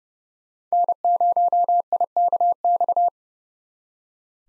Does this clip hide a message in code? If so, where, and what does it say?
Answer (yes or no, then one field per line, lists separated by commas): yes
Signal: Morse code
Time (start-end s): 0.7-3.1 s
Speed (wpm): 38 wpm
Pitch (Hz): 700 Hz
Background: none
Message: N0IKX